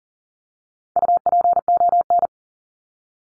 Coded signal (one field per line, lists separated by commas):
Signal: Morse code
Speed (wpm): 40 wpm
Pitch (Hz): 700 Hz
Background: none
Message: UPON